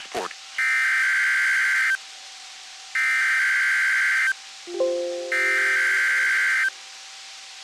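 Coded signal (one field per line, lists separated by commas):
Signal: Emergency Alert System (SAME) tones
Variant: header bursts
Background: speech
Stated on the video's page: NOAA Weather Radio weekly tests from transmitters KZZ42 Reynoldsville and WXM33 Johnstown.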